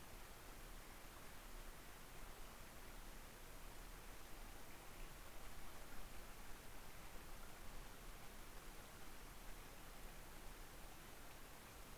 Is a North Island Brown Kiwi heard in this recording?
no